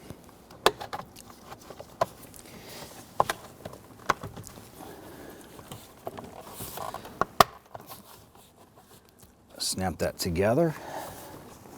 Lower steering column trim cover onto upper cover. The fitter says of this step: and install our lower cover here snap